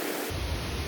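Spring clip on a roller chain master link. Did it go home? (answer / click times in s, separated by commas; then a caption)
no / none. The spring retaining clip on the master link of a go-kart's roller drive chain is being worked on with tools. Only a steady broadband hiss is heard, with a low rumble coming in at about 0.3 s and no sharp hits. Nothing has seated or clicked yet.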